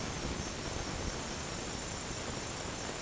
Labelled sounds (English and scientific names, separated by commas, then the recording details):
none
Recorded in dense forest near Puerto Asís, Putumayo, Colombia, on 22 June 2025 at 08:00
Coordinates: 0.503, -76.323
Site G059